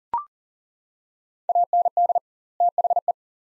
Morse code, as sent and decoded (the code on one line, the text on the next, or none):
.- -. -.. / - .... .
AND THE